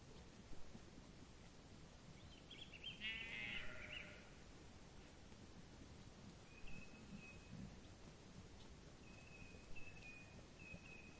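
Sheep bleating once, a short wavering cry, over a steady background hiss, with faint thin bird calls later on.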